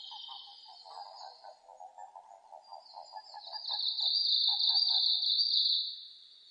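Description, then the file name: Japanese common toad calling in a rapid pulsed series of low notes, about four per second, while a loud, steady high-pitched whistling tone swells in the second half. Recorded 5 June 2005; identified as the eastern form of the Japanese common toad. "050605 azumahikigaeru"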